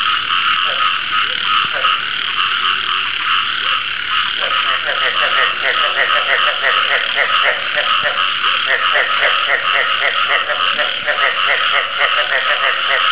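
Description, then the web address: Frog chorus, a dense steady din of high calling overlaid by rapid rhythmic pulsed croaks that grow stronger after the first few seconds. "frog"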